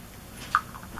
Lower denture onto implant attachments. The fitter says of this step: can hear like a little when it's inserted it kind of clicks in place and that helps